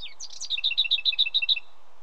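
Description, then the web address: Lesser whitethroat singing a short scratchy opening followed by a quick, flat rattle of repeated notes, ending abruptly. Britain. "The BBC Sound Effects Library. Lesser Whitethroat"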